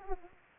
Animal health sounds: mosquito wingbeat signal from an infrared sensor; Aedes aegypti

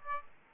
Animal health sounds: mosquito wingbeat signal from an infrared sensor; Aedes aegypti

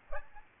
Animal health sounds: mosquito wingbeat signal from an infrared sensor; Aedes aegypti

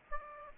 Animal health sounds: mosquito wingbeat signal from an infrared sensor; Aedes aegypti

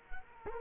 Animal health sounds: mosquito wingbeat signal from an infrared sensor; Culex quinquefasciatus

